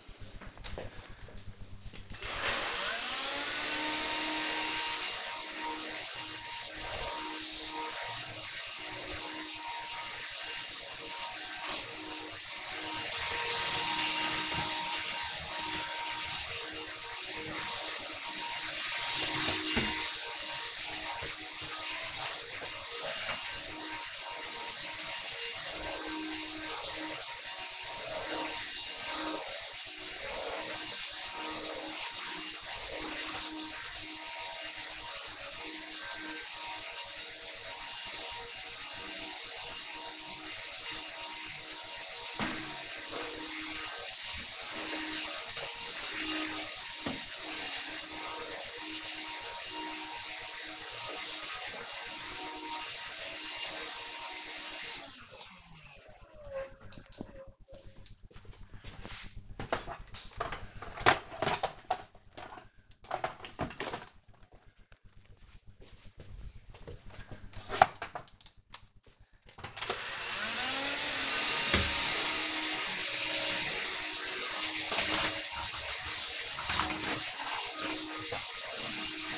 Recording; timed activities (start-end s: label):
household activities, microphone on the right wrist
0.43-54.83 s: vacuum cleaning
67.91-79.38 s: vacuum cleaning